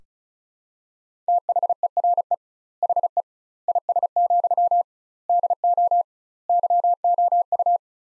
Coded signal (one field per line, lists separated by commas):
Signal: Morse code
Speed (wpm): 34 wpm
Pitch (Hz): 700 Hz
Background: none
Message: THERE HE IS, DO YOU